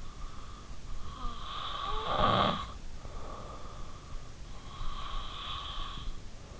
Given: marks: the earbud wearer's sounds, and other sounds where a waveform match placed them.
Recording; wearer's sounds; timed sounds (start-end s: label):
sounds in sleep by an in-ear microphone; snoring breath, breath
0.86-3.38 s: snoring breath
3.95-6.41 s: breath